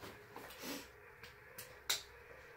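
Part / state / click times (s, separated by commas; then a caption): dog car harness strap buckle into its mating buckle / seated / 1.9 s. The chest-strap buckle of a dog car safety harness, readjusted because the dog has grown a little bigger, is clipped into its mating buckle. A few faint handling sounds come before a sharp plastic click at 1.9 s. The buckle clicks right into place and is seated.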